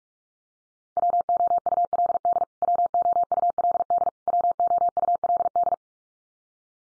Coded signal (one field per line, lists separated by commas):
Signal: Morse code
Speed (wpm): 44 wpm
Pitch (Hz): 700 Hz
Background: none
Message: WOULD WOULD WOULD